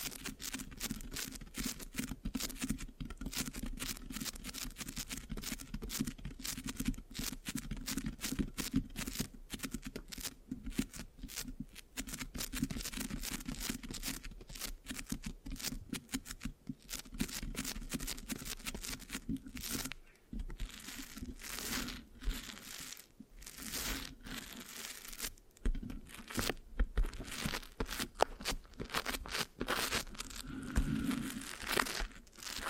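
Mic scratching fills the clip, a dense, steady run of fast, crackly scrapes and sticky crinkling with no talking. A low hum sits underneath throughout. The texture stays busy all the way, with brief drops in level near 20 and 25 seconds.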